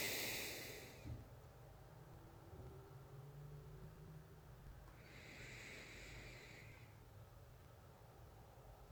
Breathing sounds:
nose breathing near a microphone
0.00-1.15 s: exhalation
4.79-7.28 s: inhalation
From the record:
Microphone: phone

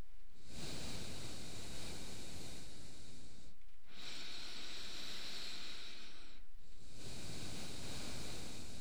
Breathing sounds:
nose breathing near a microphone
0.00-0.33 s: inhalation
0.33-3.63 s: exhalation
3.63-6.74 s: inhalation
6.74-8.81 s: exhalation
From the record:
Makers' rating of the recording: medium

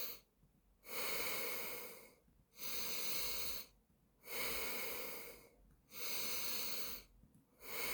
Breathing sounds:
nose breathing near a microphone
0.00-0.30 s: inhalation
0.30-2.15 s: exhalation
2.15-3.80 s: inhalation
3.80-5.60 s: exhalation
5.60-7.10 s: inhalation
7.10-7.94 s: exhalation
From the record:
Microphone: phone

